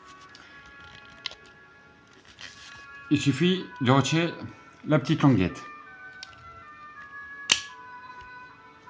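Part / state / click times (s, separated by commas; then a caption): takedown tab releasing from the frame of a blank-firing pistol / released / 7.5 s. Someone talks while disassembling a Zoraki 914 blank-firing alarm pistol and pulls out the small takedown tab from the frame. A small, sharp click is heard at 7.5 s as the spring pushes the part out, and the takedown latch releases open.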